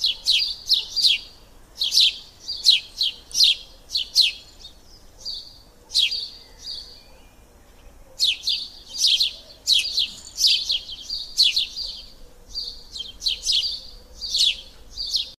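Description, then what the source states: Birds chirping and twittering in high, rapid bursts, a brief lull around the middle, then more repeated sweeping notes. Recorded in a park.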